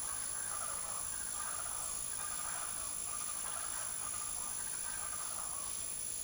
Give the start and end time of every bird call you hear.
0.00s-5.74s: bird call (0.5-3.0 kHz)

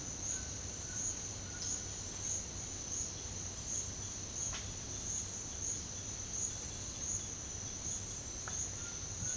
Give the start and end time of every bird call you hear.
0.00s-1.65s: bird call (1.0-1.8 kHz)

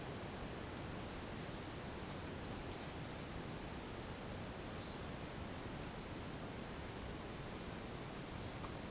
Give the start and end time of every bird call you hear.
4.59s-5.25s: bird call (2.9-6.4 kHz)

